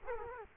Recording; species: mosquito wingbeat signal from an infrared sensor; Culex quinquefasciatus